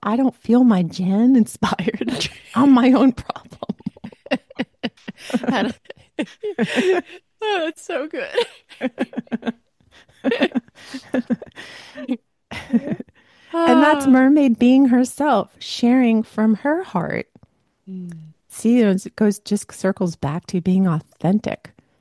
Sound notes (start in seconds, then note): 1.7 laughs; 6.0 laughs; 6.0 sighs